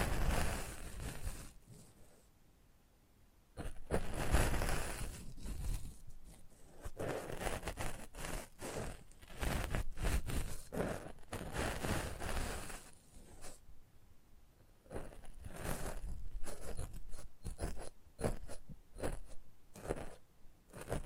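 Mic treatment for ASMR, close up: dense bursts of scratching and rubbing that come and go irregularly, some quick and crisp, others longer and smeared. Quieter gaps appear, especially near three seconds and around fourteen seconds, with snipping, scraping textures throughout.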